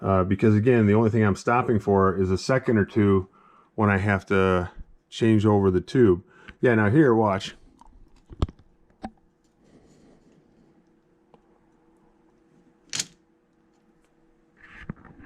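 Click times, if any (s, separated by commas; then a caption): 8.4 s, 13.0 s. Someone talks for the first seven seconds, then turns the multi-tube bullet cassette on top of the DAA Mini Bullet Feeder die on a Dillon XL750 reloading press loading .223 Remington. Sharp clicks ring out at 8.4 s and 13.0 s as the cassette indexes, and the next full tube seats into position and drops down.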